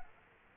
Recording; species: mosquito wingbeat signal from an infrared sensor; Culex pipiens